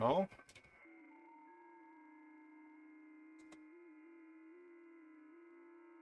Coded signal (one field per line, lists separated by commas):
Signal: FT8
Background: speech